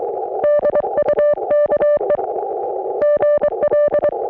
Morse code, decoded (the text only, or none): DUKE GL